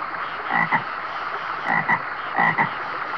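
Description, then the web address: American bullfrog gives three croaking bursts, each a quick double note, over a constant background hiss. Recorded at a stream with insects calling. "DESN 275 sound Library animals frog-bullfrog"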